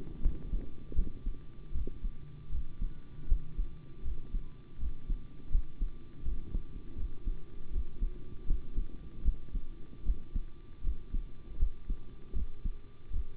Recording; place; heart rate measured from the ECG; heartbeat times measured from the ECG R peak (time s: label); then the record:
heart sounds by stethoscope; between the tricuspid and mitral areas; 79 bpm
0.21 s: heartbeat
0.94 s: heartbeat
1.72 s: heartbeat
2.50 s: heartbeat
3.27 s: heartbeat
4.02 s: heartbeat
4.78 s: heartbeat
5.50 s: heartbeat
6.23 s: heartbeat
6.95 s: heartbeat
7.71 s: heartbeat
8.46 s: heartbeat
9.23 s: heartbeat
10.04 s: heartbeat
10.82 s: heartbeat
11.58 s: heartbeat
12.33 s: heartbeat
13.11 s: heartbeat
From the record:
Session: rest, sitting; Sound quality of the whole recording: good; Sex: male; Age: 25 years